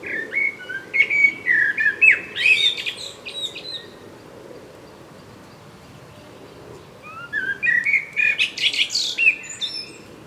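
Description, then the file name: Common blackbird song in two bursts: fluted whistles with scratchy high twitters, a long quiet gap, then another similar phrase. "Turdus merula"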